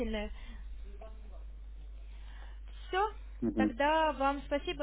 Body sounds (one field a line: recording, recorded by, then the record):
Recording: voluntary cough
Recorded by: telephone call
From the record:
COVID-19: negative